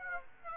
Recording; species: mosquito wingbeat signal from an infrared sensor; Aedes aegypti